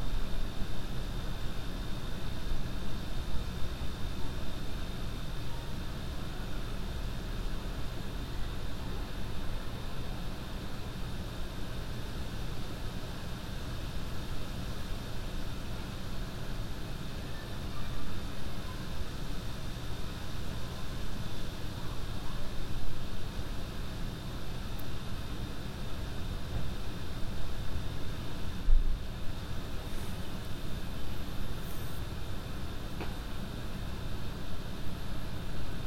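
A backyard ambience dominated by a steady, dense low rumble like traffic or a passing aircraft, holding even for the whole stretch. A faint high tone runs throughout, and a few small clicks and knocks appear near the end, around 28 to 32 seconds.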